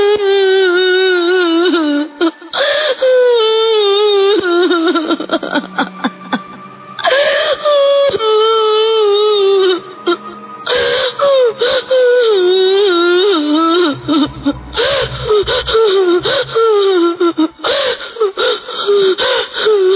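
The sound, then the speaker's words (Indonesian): Loud, continuous crying and wailing at night, with drawn-out, wavering high-pitched moans broken by gasping breaths and sobs, rising and falling throughout with no speech. “Itu dan suara-suara tangisan seringkali terdengar di setiap malam-malam berikutnya.”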